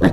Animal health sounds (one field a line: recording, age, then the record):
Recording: pig call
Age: piglet (1 to 25 days)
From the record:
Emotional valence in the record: positive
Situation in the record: reunion after long isolation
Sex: male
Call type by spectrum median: low-frequency call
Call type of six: low-frequency modulated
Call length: 0.12 s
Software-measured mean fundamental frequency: 64 Hz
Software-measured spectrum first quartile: 210 Hz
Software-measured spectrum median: 340 Hz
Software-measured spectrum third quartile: 791 Hz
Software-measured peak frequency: 277 Hz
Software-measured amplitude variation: 122 dB a second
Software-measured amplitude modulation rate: 4.0 a second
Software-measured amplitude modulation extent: 30.4 dB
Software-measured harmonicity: 0.3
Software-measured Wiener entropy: -1.22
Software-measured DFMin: 1082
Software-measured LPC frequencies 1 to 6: 1752, 3790, 5401, 7609, 8428, 9662 Hz